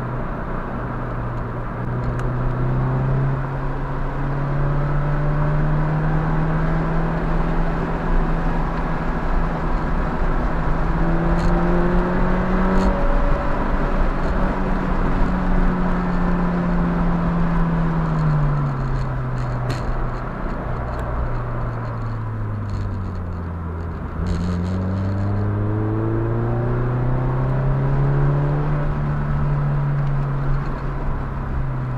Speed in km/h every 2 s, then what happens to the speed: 68, 76, 84, 90, 90, 92, 103, 100, 90, 68, 60, 45, 61, 79, 76, 69.
0-11 speeds up to 103. 12-21 brakes to 45. 21-26 speeds up to 79. 26-32 slows to 69.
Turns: 20-25.